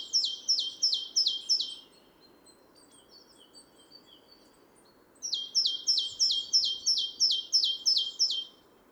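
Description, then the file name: Great tit giving a run of five sharp, high, down-slurred notes, a pause of a few seconds with faint chips, then another longer run of similar notes. "Parus major"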